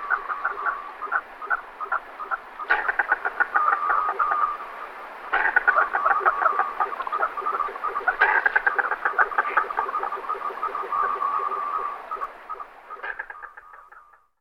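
Merganser calls: dense, rapid rattling and croaking notes with a steady nasal tone underneath, in bursts that restart sharply every few seconds, fading at the end.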